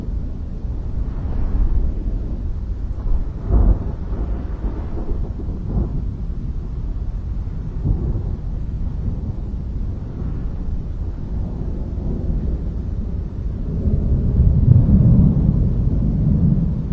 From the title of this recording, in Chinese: 深山雷声